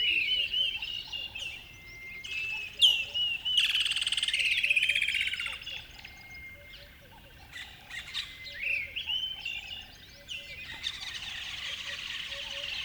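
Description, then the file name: Birds singing in a dense chorus of overlapping whistles and trills, with a low note repeating steadily underneath and occasional bursts of louder song. River bed at dawn; a noisy chorus of many birds. "river bed dawn birds bedlam"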